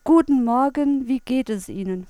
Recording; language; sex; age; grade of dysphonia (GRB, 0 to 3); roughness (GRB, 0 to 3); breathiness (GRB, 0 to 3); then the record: spoken sentence; German; female; 40 to 49 years; 0; 0; 0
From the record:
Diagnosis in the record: recurrent laryngeal nerve paralysis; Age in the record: 41 years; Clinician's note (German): Links